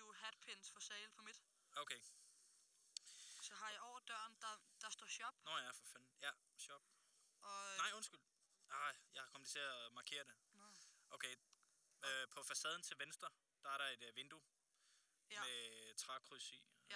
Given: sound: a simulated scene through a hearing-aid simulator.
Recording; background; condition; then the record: conversation; quiet; 75 dB SPL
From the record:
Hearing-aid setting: IV (slow-acting compression, loudness normalization); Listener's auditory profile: B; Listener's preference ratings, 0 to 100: 93, 51, 89